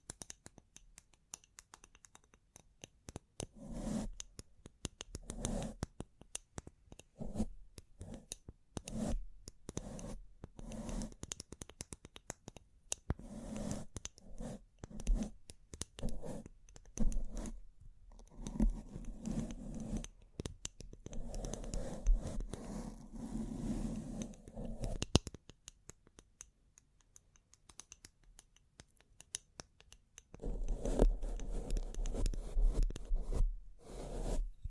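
Bling bling triggers: dense clusters of crisp scratches, rustles and clicks, bursting every fraction of a second, with brief pauses near 26 and 30 seconds.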